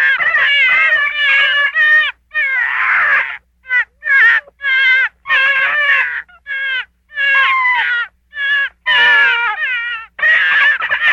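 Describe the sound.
Gray fox giving a series of harsh, harmonic yelping calls in short bursts, some descending, with brief silent gaps between.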